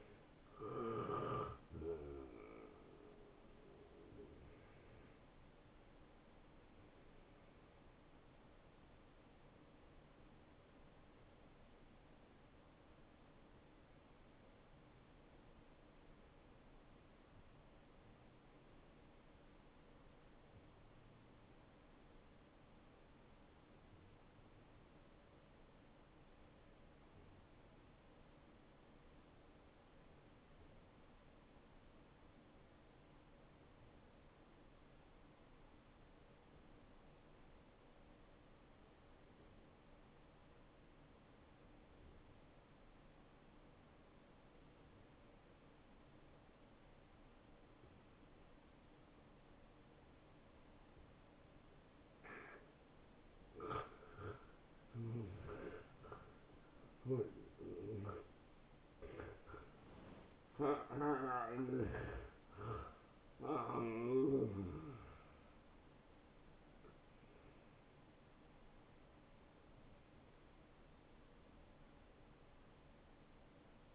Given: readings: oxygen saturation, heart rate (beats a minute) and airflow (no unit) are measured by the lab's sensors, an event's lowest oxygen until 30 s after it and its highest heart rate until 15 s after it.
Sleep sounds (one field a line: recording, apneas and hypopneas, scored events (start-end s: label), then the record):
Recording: breathing in sleep by a voice recorder at the bedside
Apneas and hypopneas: 1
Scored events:
10.00-53.80 s: hypopnea (N1, oxygen 97% highest, then 86% lowest)
42.00-72.00 s: new sleep stage, N2 (light sleep)
72.00-73.95 s: new sleep stage, N1 (lightest sleep)
From the record:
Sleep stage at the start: N1 (lightest sleep)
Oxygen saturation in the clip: 85 to 97%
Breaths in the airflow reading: 10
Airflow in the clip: -14.3 to 9.9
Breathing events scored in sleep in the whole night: 263 in 5.5 hours asleep